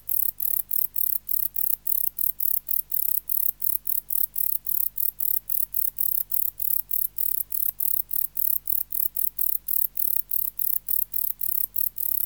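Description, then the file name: Wart-biter bush cricket song: a steady train of sharp, high-pitched ticking pulses, roughly three per second, continuing throughout with faint low hum beneath. "Decticus verrucivorus"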